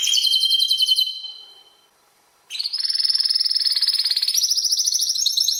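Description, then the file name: Canary song opening with a fast trill that fades out, a short silence, then a new rapid rolling trill climbing slightly in pitch. "Canary Singing"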